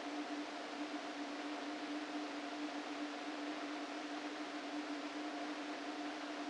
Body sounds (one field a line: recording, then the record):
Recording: brain microelectrode recording played as sound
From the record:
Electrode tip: outside the subthalamic nucleus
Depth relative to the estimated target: 3 mm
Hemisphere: right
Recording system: NeuroSet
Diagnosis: Parkinson's disease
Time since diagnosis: 13 years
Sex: male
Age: 49 years